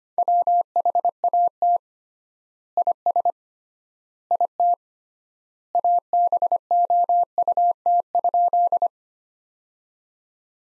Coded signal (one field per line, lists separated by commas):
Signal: Morse code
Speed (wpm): 25 wpm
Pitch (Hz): 700 Hz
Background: none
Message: WHAT IS IT ABOUT?